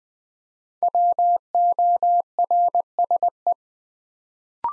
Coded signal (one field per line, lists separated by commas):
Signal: Morse code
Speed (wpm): 20 wpm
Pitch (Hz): 700 Hz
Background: none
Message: WORSE